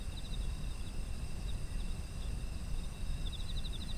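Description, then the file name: Autumn insects chirping: steady high ringing trills under several short pulsed chirp bursts, with a constant low rumble beneath. Autumn insects; environmental ambience. "秋の虫の環境音"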